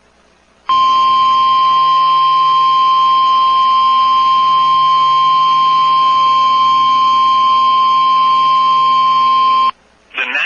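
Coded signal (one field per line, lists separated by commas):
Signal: Emergency Alert System (SAME) tones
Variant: 1050 Hz attention tone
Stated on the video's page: Real Tornado Warning from the National Weather Service in Lincoln, Illinois, with EAS activation requested.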